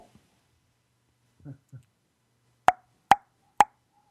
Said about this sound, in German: Muss ich irgendwas haben, was Krach macht? Scheiße. Schlag mal deine flache Hand vor deine Stirn. Nee, das ist zu hohl.